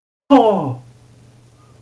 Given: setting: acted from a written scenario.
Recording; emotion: vocal sound without words; positive surprise